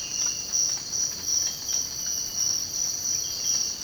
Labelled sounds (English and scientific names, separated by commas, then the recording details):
none
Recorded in dense forest near Puerto Asís, Putumayo, Colombia, on 19 March 2025 at 05:30
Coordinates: 0.481, -76.323
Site G088